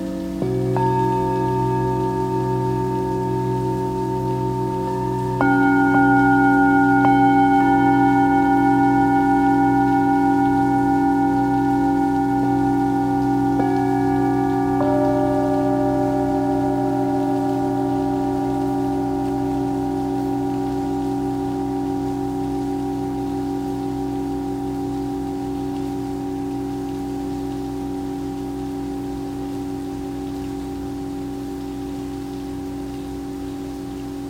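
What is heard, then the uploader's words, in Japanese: Singing bowls ring out with long, sustained tones, struck near the start and again around 5 and 15 seconds, each new strike layering fresh overtones over the ringing ones. A low wavering hum pulses underneath while everything slowly fades, with soft rain hiss behind. 雨音とシンギングボウル 呼吸を整える音。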